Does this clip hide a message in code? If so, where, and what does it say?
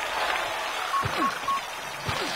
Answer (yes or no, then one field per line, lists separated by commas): no